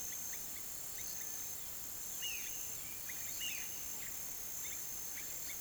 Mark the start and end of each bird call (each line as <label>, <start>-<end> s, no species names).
bird call, 2.02-5.61 s